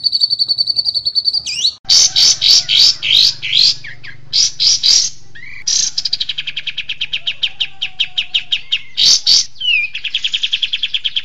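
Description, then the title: Varied bird song: a sustained high whistle, then loud, rhythmic harsh chatter bursts, a long fast trill, and a closing lower whistled phrase. Songbird song used for training songbirds (masteran). "Suara masteran Burung"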